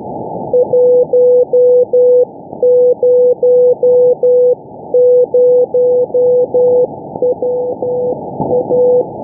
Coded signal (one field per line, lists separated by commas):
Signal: Morse code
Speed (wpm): 12 wpm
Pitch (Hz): 500 Hz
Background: none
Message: 100W A